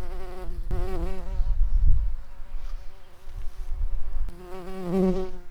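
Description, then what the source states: Bumblebee buzzing, a steady droning hum with a rich stack of overtones that wavers slightly, strongest at the start and again near the end, over low rumbling noise. Queens.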